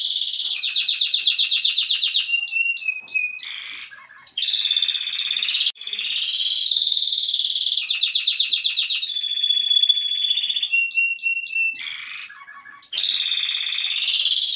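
Canary song, a long varied run of fast trills, rolling chops and steady whistled notes, high-pitched and loud, shifting phrase every second or two with brief pauses.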